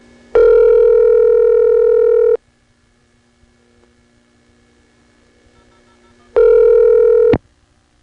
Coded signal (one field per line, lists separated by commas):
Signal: telephone call progress tone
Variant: North America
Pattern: ringback tone